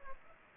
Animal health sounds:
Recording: mosquito wingbeat signal from an infrared sensor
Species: Aedes aegypti

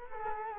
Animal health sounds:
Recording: mosquito wingbeat signal from an infrared sensor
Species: Culex quinquefasciatus

